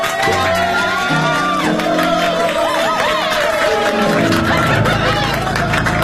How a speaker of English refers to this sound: And let's have a round of applause for our pianist this evening